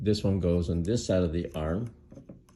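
Someone talks while handling a 3D printed plastic leveling jig at one side of the swash plate follower arm of an RC helicopter, with a few faint, short handling taps near the end after the voice stops. Nothing has snapped on or seated yet.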